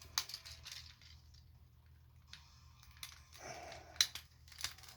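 A plastic robot action figure is being transformed, its parts pushed into alignment, with small handling clicks and rustles along the way. The plastic shoulder joint, which had been out of position, snaps into place in the figure's body with a sharp plastic click at 4.0 s, and the shoulder is seated.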